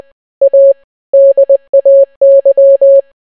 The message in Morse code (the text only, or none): A DAY